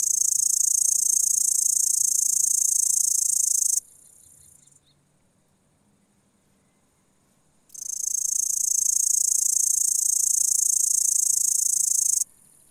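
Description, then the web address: Great green bush-cricket song: long, very high, sizzling buzzes of rapid pulses lasting several seconds, separated by a few seconds of quiet. "heupferd"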